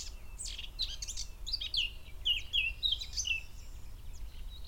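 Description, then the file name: Eurasian blackcap song: a quick scratchy warble turning into clearer whistled notes. "Sylvia atricapilla"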